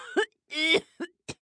Human element female middle age cough hard gag.